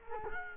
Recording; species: mosquito wingbeat signal from an infrared sensor; Culex quinquefasciatus